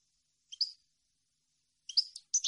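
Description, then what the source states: European goldfinch twittering: a single liquid note, a pause, then two fuller, slightly buzzy chirped phrases close together. Clean goldfinch song meant for birds to copy, for song training.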